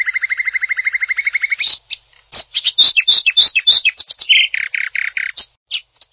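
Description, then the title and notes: Greater green leafbird song opening with a long rapid trill, then a jumble of sharp chirps, whistles and buzzy notes in quick succession. Described as a champion songbird. "Kicau Burung Cucak Ijo Juara. Suara kicauan burung cucak ijo"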